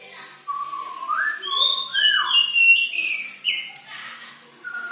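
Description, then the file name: White-rumped shama song: slurred whistles rising and falling, with some high ringing notes. Borneo; lure recording intended to make shamas sing actively. "Sara Pancingan Murai Batu Borneo Agar Gacor Dor"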